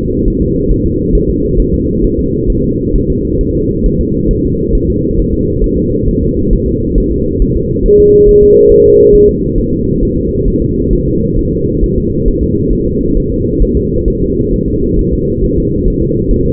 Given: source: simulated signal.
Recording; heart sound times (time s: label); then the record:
fetal heart sounds
0.28 s: S1
0.42 s: S2
0.71 s: S1
0.86 s: S2
1.15 s: S1
1.30 s: S2
1.60 s: S1
1.74 s: S2
2.05 s: S1
2.19 s: S2
2.50 s: S1
2.64 s: S2
2.96 s: S1
3.10 s: S2
3.41 s: S1
3.55 s: S2
3.86 s: S1
4.01 s: S2
4.31 s: S1
4.45 s: S2
4.75 s: S1
4.90 s: S2
5.20 s: S1
5.34 s: S2
5.64 s: S1
5.78 s: S2
6.09 s: S1
6.23 s: S2
6.53 s: S1
6.68 s: S2
6.98 s: S1
7.12 s: S2
7.42 s: S1
7.56 s: S2
7.86 s: S1
8.00 s: S2
8.29 s: S1
8.43 s: S2
8.72 s: S1
8.86 s: S2
9.15 s: S1
9.29 s: S2
9.58 s: S1
9.73 s: S2
10.03 s: S1
10.17 s: S2
10.48 s: S1
10.62 s: S2
10.93 s: S1
11.08 s: S2
11.39 s: S1
11.53 s: S2
11.84 s: S1
11.98 s: S2
12.28 s: S1
12.43 s: S2
12.73 s: S1
12.87 s: S2
13.17 s: S1
13.32 s: S2
13.62 s: S1
13.77 s: S2
14.08 s: S1
14.22 s: S2
14.54 s: S1
14.68 s: S2
14.99 s: S1
15.13 s: S2
15.44 s: S1
15.58 s: S2
15.88 s: S1
16.02 s: S2
16.31 s: S1
16.46 s: S2
From the record:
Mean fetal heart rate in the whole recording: 135 bpm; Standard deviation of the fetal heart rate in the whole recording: 3 bpm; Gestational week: 36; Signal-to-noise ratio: -14.7 dB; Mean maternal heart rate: 72 bpm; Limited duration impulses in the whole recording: present